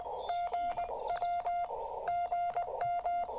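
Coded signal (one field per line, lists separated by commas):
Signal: Morse code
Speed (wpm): 21 wpm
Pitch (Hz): 700 Hz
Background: none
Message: GW GM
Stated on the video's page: POTA activation at a state park, likely using a Yaesu FT-818ND keyed with a BaMaKeY TP-III twin paddle.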